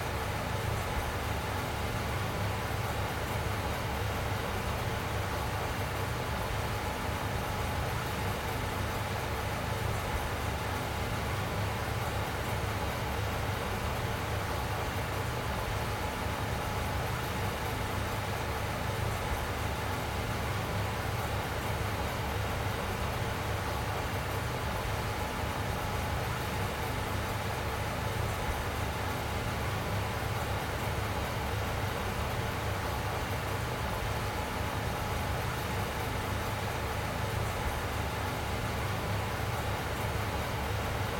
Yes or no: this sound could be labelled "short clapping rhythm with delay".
no